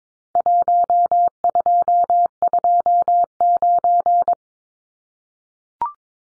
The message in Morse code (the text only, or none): 1229